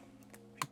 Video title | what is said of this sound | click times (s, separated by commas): PS5 Stick Drift Fix? Testing K-Silver TMR Joysticks | put some force and you'll hear it click. And once it clicks, if | 0.6 s